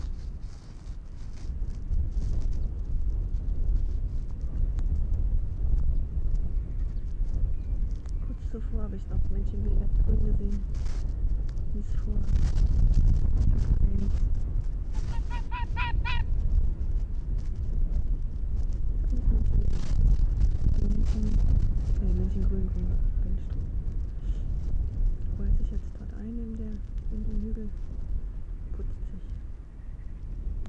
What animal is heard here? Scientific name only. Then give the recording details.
Vulpes lagopus. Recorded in the wild. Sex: male. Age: adult. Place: Insel Mednyi, Kommandeur-Inseln, RU. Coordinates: 54.5167, 168.083. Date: 1999-08-11 19:16. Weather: 11°C, heiter, starker Südwind. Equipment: Sony WM-D6C, Sennheiser ME 80, K 30 AV, Windkorb, Kopie Tascam DA 30. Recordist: Jakupi, Antje. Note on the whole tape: Südosten der Insel, Haupttal, weisse Stange: Bellstrophen des Rüden grün/grün 68 von der Anhöhe zwischen weisser Stange und Bambusstange. Entfernung ca. 90 m